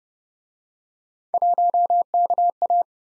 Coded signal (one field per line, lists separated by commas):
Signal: Morse code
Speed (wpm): 31 wpm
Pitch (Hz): 700 Hz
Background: none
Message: 1KA